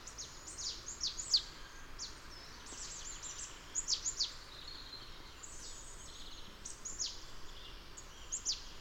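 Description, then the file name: Marsh tit calls: quick, high, sharp downslurred notes in loose clusters, with other thin bird calls and a steady background hiss. "Poecile palustris"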